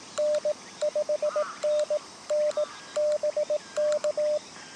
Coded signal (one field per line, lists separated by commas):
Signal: Morse code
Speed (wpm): 18 wpm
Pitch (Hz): 600 Hz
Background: radio noise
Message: N 5NN BK